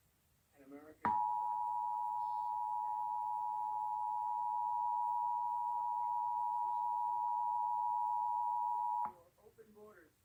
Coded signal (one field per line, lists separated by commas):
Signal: Emergency Alert System (SAME) tones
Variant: 853 and 960 Hz attention tone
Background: speech